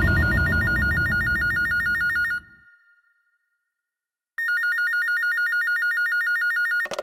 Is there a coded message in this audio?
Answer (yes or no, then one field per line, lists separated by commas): no